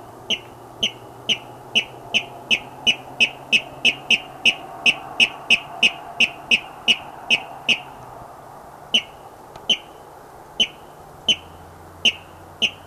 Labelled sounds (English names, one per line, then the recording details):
Water Rail courtship call
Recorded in the wild
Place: Auweiher Wört, Baden-Württemberg, DE
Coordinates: 49.0392, 10.2475
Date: 1968-05-19
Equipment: Uher Report 4000, AKG D190
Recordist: Krey, Winfried